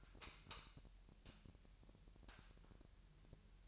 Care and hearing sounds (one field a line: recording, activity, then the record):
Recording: daily activity, microphone in the room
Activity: light on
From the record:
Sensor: 2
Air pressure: 1001.8 hPa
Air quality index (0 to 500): 240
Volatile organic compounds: 31 ppm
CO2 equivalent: 2976 ppm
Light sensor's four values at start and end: 4/10/4/4 and 8/22/9/9